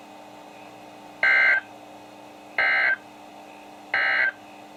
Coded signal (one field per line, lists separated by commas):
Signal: Emergency Alert System (SAME) tones